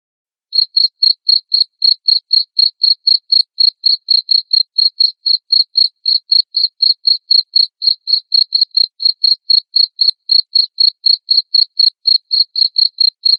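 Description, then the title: Cricket chirps begin after half a second of silence, then continue as regular high pulses about four per second. Loud cricket chirping, played to make lovebirds keep singing their ngekek trill. "Suara JANGKRIK NGERIK Keras Bikin LOVEBIRD Jadi NGEKEK Terus Vubey"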